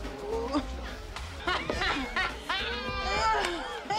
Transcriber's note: laughter